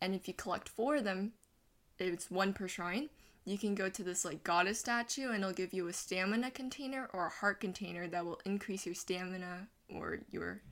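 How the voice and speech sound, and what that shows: A young speaker talks casually and fluently in a clear, mid-pitched voice, with ordinary speech and brief pauses.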